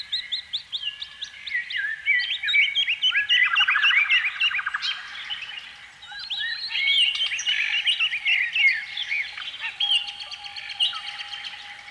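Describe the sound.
Canary song of dense twittering slurs broken by a quick rattling trill, pausing briefly midway before resuming, over a faint hum.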